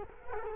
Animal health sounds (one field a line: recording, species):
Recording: mosquito wingbeat signal from an infrared sensor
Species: Culex quinquefasciatus